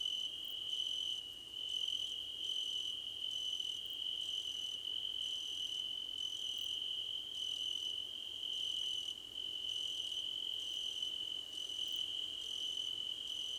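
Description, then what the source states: Cricket chorus with a continuous high-pitched trill and a softer pulsing upper layer that starts and stops roughly every second. Crickets in a chorus, described as a choir competition.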